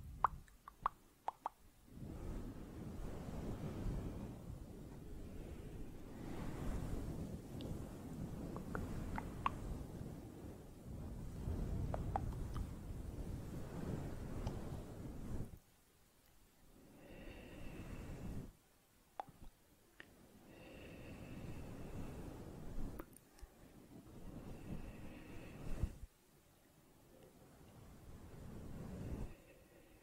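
Soft, slow mouth sounds and brushing against a fluffy mic, with long low rustling sweeps broken by short pauses. Small wet clicks and pops land every few seconds, and after the midpoint the brushing comes in shorter bursts separated by near silence.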